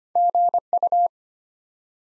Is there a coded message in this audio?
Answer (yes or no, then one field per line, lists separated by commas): yes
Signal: Morse code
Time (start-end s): 0.2-1.1 s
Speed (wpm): 25 wpm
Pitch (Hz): 700 Hz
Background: none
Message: GU